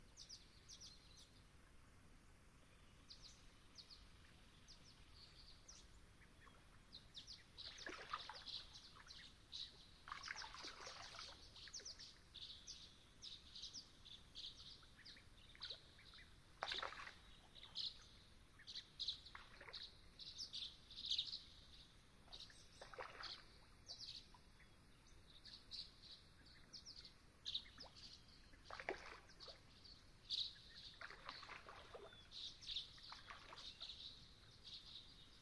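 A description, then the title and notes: A swamp at dusk fills with a dense, steady chorus of high chirps, cut every few seconds by louder bird calls sweeping down in pitch. Long Swamp, Dusk. Song Sparrows, Lincoln’s Sparrows, Swainson’s Thrushes, American Robins, Mallard Ducks and more make their homes here. The air was still as I sat down to record; the temperature a chill 60ºF/ 15.5ºC, and the moon was expected to be full. I could hear distinct non-song vocalization from Swainson’s Thrushes.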